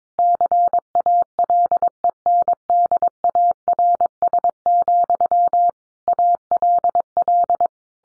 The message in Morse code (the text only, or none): CALENDARS, ALL